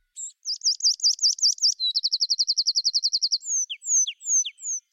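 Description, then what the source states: Tree Pipit song, high and lively: repeated sharp chirps lead into a long rapid trill, finished by a few drawn-out, bouncy descending notes spaced apart. Upland oak woodland; verse about 5 seconds, fast, lively, loud and fairly high, no mellow whistles; 3 phrases, middle a long fast trill, last of bouncy notes; fizzy, bursting with energy.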